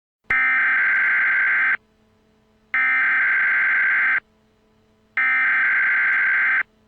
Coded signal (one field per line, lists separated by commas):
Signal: Emergency Alert System (SAME) tones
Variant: header bursts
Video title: Bot Bogus (+ MistfulSkye, Deejay Greg, Dark Deception Gamer) (EAS Scenario)